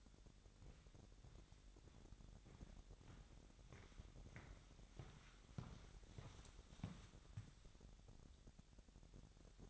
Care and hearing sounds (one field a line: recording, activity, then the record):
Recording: daily activity, microphone in the room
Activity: walk to room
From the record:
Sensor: 3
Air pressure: 1012.2 hPa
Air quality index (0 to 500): 140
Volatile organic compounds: 2 ppm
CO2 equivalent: 1070 ppm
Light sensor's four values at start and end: 146/351/145/136 and 49/114/51/50